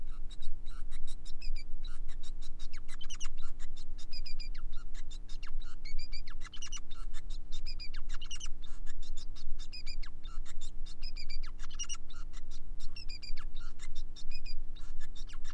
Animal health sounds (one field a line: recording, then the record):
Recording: song of a male Bengalese finch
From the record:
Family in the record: son of father 5